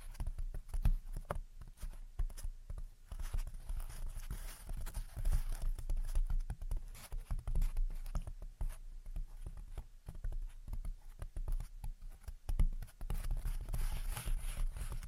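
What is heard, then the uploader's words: Gentle tapping and scratching carries on without a break, with soft irregular taps coming in quick clusters and light scratchy rustles between them. A low rumble sits underneath throughout, and a few sharper, slightly louder taps stand out around the middle and near the end. Gentle Tapping and Scratching. (No Talking).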